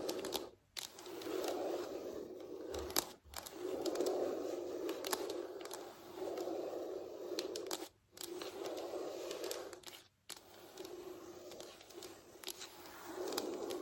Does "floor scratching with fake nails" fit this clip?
yes